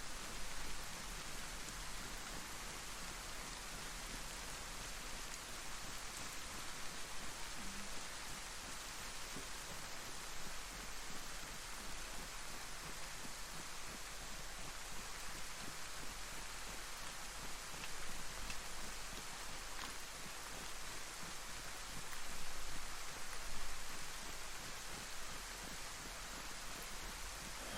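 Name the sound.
steady rain falling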